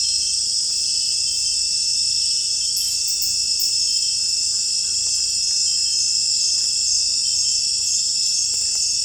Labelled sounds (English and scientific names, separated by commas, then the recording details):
none
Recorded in pastures near Puerto Asís, Putumayo, Colombia, on 16 December 2024 at 18:30
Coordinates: 0.466, -76.322
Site G040